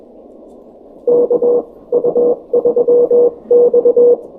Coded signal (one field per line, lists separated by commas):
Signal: Morse code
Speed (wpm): 21 wpm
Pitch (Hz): 500 Hz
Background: none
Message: K U3X